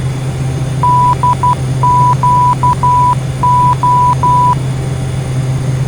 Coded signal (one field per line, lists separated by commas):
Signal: Morse code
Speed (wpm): 12 wpm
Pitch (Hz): 990 Hz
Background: none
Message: DQO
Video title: Taking Another Look At Flight Simulator X Cross Keys (17N) to Lancaster (KLNS) and Back